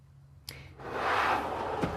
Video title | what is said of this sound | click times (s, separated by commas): 2023 Newmar London Aire 4551 | and then they do lock into place when you're done there. | 0.5 s